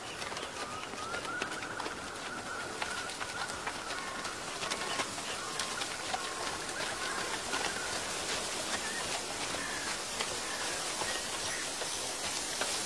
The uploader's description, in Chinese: 秋天古道夕阳下的马蹄声、落叶声、远处的深山鸟鸣和古寺钟声